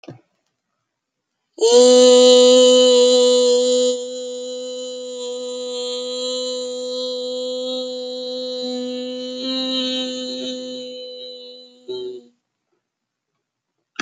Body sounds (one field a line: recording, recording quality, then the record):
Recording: sustained vowel as in beet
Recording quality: excellent, no background noise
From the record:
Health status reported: healthy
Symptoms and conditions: none ticked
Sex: female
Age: 30 years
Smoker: not ticked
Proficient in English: yes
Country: United States